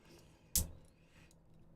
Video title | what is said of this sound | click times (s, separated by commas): The Road to Victory (Core fighter progress) [LIVESTREAM] | every time I do that there's like three clicks it freaks me out every time I do it but I just kind of roll with it | 0.6 s, 1.3 s